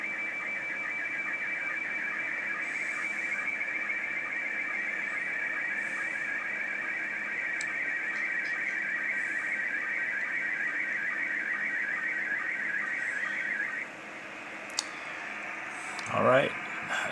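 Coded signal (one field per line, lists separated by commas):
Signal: SSTV (slow-scan television)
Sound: steady warbling high tone scanning image lines, ending abruptly, then a short squeal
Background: radio static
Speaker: there comes another photo across 14 decimal 230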